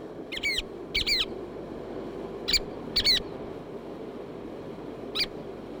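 Chatham Island oystercatcher giving sharp, downslurred piping notes singly and in quick pairs, a few bursts spread throughout over a steady roar of background noise.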